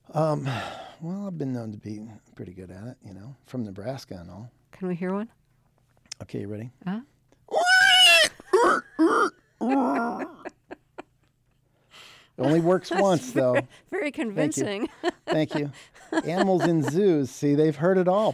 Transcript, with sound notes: Well, I've been known to be pretty good at it, you know. I'm from Nebraska and all.
Can we hear one?
OK. Are you ready? (Imitating pig squealing).
(Laughter).
It only works once, though.
Very convincing.
Thank you. Thank you. The animals in zoos, see, they've heard it all.